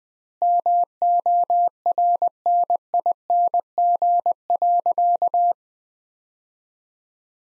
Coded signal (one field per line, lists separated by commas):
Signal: Morse code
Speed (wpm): 20 wpm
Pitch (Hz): 700 Hz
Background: none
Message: MORNING.